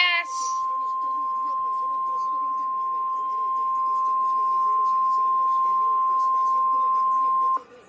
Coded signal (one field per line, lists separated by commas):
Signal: Emergency Alert System (SAME) tones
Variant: 1050 Hz attention tone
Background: speech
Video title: Tests & Storms | EAS Alerts From 4/28/21 (EAS #226 - #232)